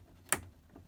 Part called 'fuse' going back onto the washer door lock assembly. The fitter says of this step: Make sure you hear it lock.